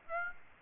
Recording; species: mosquito wingbeat signal from an infrared sensor; Aedes aegypti